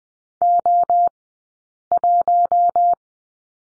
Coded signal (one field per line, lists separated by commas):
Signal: Morse code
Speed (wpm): 18 wpm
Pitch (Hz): 700 Hz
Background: none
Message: O 1